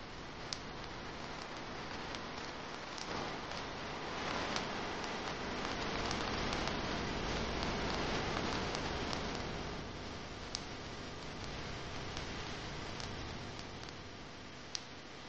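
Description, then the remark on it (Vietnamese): Steady rain begins falling outside the door of a shrine at night, pattering down in a dense, even hiss, with scattered sharper drops ticking through the wash at irregular moments. No voices, just the constant rainfall throughout. “Ngoài cửa không biết lúc nào đã bắt đầu mưa, nhưng mà mưa lại không rơi xuống nóc miếu, bởi trước khi những hạt mưa kia rơi xuống nóc miếu thì đã bị thần ý trong miếu xông lên đánh tản đi.”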